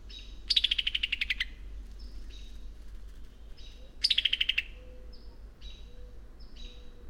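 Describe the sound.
Bird song: two bright descending trilled phrases, each followed by several short whistled notes, against a soft background noise.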